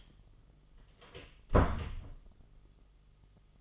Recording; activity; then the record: daily activity, microphone in the room; close door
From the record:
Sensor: 4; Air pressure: 1005.7 hPa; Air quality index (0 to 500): 92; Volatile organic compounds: 2 ppm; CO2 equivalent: 1135 ppm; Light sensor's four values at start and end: 13/29/11/11 and 13/30/12/11